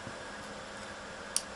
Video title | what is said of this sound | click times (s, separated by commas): Bug Out Bags | or you've got the the thumb screw here too that you can use up and it locks in place um | 1.4 s